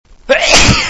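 One abrupt, noisy sneeze from an adult man, bursting out after a brief quiet intake of breath.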